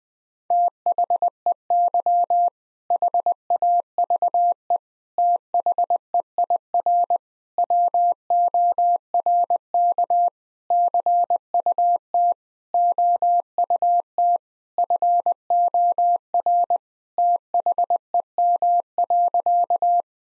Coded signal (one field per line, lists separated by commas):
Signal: Morse code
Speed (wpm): 20 wpm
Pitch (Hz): 700 Hz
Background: none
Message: THEY HAVE THEIR WORK CUT OUT FOR THEM.